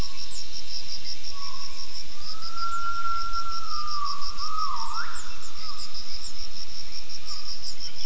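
Gibbon call: a long smooth whistled note over steady pulsing insect chirps.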